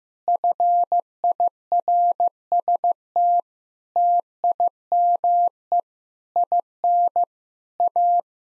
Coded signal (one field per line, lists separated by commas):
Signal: Morse code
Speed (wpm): 15 wpm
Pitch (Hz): 700 Hz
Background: none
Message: FIRST TIME IN A